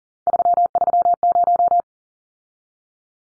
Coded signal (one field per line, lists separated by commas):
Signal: Morse code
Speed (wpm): 40 wpm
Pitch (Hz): 700 Hz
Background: none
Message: 330